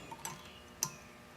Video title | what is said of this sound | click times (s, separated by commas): Ford Powerstroke Superduty Rear Brakes Overhaul | those uh snapped into place | 0.8 s